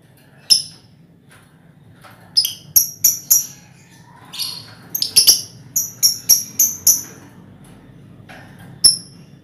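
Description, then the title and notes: Lovebird chirping: irregular series of sharp, high squeaky chirps, several clustered rapidly in the middle, with single notes at start and end. Lovebird ngekek song, described as the longest, used as a lure song (kicau pancingan). "Master Kicau Lovebird ngekek, kicau pancingan"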